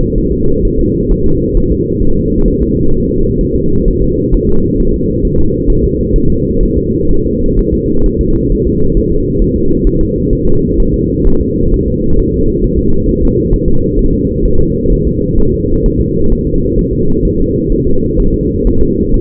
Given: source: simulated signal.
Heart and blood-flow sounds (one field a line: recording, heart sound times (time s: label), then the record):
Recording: fetal heart sounds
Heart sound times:
0.18 s: S1
0.32 s: S2
0.65 s: S1
0.79 s: S2
1.12 s: S1
1.26 s: S2
1.57 s: S1
1.72 s: S2
2.03 s: S1
2.17 s: S2
2.48 s: S1
2.62 s: S2
2.94 s: S1
3.09 s: S2
3.41 s: S1
3.56 s: S2
3.88 s: S1
4.02 s: S2
4.34 s: S1
4.49 s: S2
4.80 s: S1
4.94 s: S2
5.25 s: S1
5.39 s: S2
5.70 s: S1
5.84 s: S2
6.16 s: S1
6.30 s: S2
6.63 s: S1
6.77 s: S2
7.11 s: S1
7.25 s: S2
7.59 s: S1
7.74 s: S2
8.06 s: S1
8.21 s: S2
8.52 s: S1
8.67 s: S2
8.97 s: S1
9.11 s: S2
9.42 s: S1
9.56 s: S2
9.87 s: S1
10.01 s: S2
10.33 s: S1
10.47 s: S2
10.80 s: S1
10.94 s: S2
11.27 s: S1
11.41 s: S2
11.74 s: S1
11.88 s: S2
12.19 s: S1
12.34 s: S2
12.64 s: S1
12.79 s: S2
13.09 s: S1
13.23 s: S2
13.53 s: S1
13.68 s: S2
13.99 s: S1
14.13 s: S2
14.45 s: S1
14.60 s: S2
14.92 s: S1
15.07 s: S2
15.40 s: S1
15.54 s: S2
15.86 s: S1
16.01 s: S2
16.33 s: S1
16.47 s: S2
16.79 s: S1
16.93 s: S2
17.25 s: S1
17.40 s: S2
17.72 s: S1
17.87 s: S2
18.20 s: S1
18.34 s: S2
18.67 s: S1
18.81 s: S2
19.14 s: S1
From the record:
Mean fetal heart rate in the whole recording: 130 bpm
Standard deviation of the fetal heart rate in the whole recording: 4 bpm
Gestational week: 38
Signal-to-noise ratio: -17.7 dB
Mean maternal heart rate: 72 bpm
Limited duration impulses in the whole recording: present